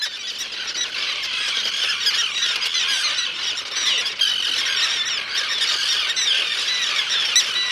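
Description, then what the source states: Terns crying in a dense colony chorus, many high, harsh squeals and squawks overlapping continuously without a break. Common terns and endangered roseate terns on Faulkner Island off Guilford, Connecticut, in Long Island Sound, during an annual nest count; one of the terns' last safe retreats; cries sound angry.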